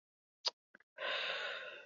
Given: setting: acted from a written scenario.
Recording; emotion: vocal sound without words; anger